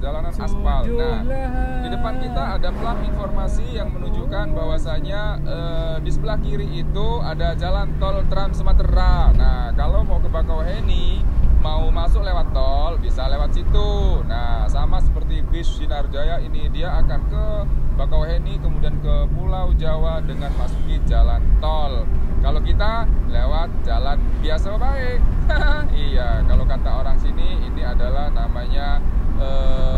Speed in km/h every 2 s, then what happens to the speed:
45, 46, 47, 49, 51, 52, 50, 47, 46, 48, 51, 54, 56, 57, 58.
0-9 speeds up to 52. 16-30 speeds up to 58.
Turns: none.